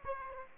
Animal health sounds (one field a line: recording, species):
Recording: mosquito wingbeat signal from an infrared sensor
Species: Aedes aegypti